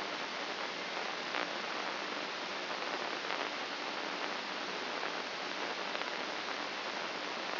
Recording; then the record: brain microelectrode recording played as sound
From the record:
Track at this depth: inside the subthalamic nucleus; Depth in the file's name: 3.232 mm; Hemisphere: left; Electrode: 2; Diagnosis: Parkinson's disease